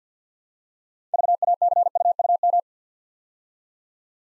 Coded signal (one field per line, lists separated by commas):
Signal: Morse code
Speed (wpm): 51 wpm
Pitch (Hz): 700 Hz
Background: none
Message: VACUUM